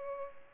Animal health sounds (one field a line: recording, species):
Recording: mosquito wingbeat signal from an infrared sensor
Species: Culex pipiens